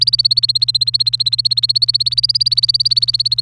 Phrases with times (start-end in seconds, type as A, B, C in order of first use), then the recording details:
0.00-3.41 A. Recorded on 28 April 2018 at 05:59. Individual llb3